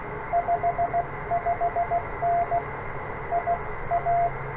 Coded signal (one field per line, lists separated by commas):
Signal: Morse code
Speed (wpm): 18 wpm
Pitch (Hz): 700 Hz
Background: radio noise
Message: 55N IA